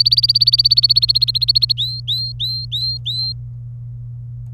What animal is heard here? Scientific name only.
Serinus canaria